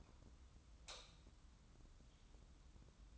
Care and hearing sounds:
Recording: daily activity, microphone in the room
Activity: light off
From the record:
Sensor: 3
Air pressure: 994.4 hPa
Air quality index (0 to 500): 211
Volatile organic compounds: 1000 ppm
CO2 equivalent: 7063 ppm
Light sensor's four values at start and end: 166/402/167/162 and 167/402/167/163

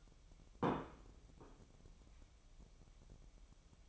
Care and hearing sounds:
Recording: daily activity, microphone in the room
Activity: place plate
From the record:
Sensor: 1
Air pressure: 988.6 hPa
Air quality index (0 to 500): 196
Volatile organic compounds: 920 ppm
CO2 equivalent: 5223 ppm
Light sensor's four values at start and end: 25/93/35/36 and 25/93/35/36

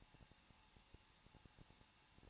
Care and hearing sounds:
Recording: daily activity, microphone in the room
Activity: no activity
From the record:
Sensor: 1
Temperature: 20.1 degrees Celsius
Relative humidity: 39.1%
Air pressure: 1006.5 hPa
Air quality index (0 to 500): 216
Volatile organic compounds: 74 ppm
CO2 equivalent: 3551 ppm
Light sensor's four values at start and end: 1/2/1/1 and 1/2/1/1

